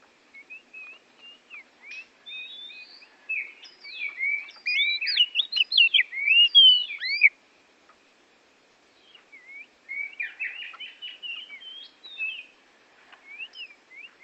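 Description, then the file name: Oriental magpie-robin singing rapid varied whistles and chirps, building to a loud tumbling burst, a short silence, then softer chattering phrases. Bornean form, used for training songbirds. "kacer borneo"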